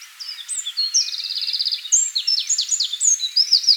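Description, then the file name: Eurasian wren song, a rapid high-pitched stream of sharp notes, whistles and a fast buzzy trill, delivered continuously and loudly throughout. "Troglodytes troglodytes"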